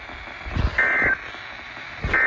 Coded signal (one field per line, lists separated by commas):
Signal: Emergency Alert System (SAME) tones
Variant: end-of-message bursts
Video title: PRIMETIME STORMS!! | EAS Alerts from 6/22/26